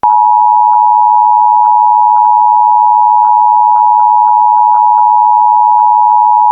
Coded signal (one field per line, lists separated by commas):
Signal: Emergency Alert System (SAME) tones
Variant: 853 and 960 Hz attention tone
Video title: EAS: Local Area Emergency/Boil Water Order in Northeastern Iowa